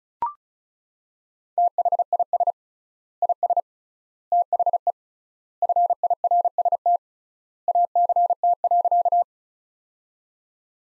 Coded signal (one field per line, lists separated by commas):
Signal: Morse code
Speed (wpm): 36 wpm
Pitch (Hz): 700 Hz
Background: none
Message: THIS IS THE FIRST ACT.